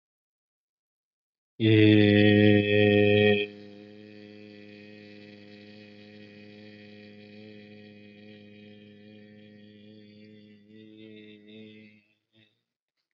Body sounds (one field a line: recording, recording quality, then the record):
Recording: sustained vowel as in made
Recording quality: excellent, no background noise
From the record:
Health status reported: healthy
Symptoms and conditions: none ticked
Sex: male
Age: 34 years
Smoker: not ticked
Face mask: not worn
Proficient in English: yes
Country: India